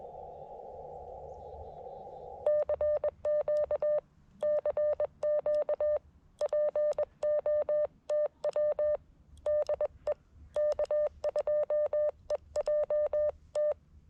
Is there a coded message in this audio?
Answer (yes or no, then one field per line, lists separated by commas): yes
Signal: Morse code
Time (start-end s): 2.5-13.7 s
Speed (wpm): 21 wpm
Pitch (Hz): 590 Hz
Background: none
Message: CQ CQ POTW DE K2EJT